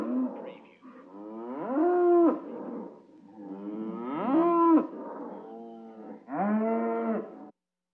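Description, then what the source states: Cattle bellowing: several long, drawn-out moos that rise in pitch, with lower moans overlapping. Many cows bellowing together.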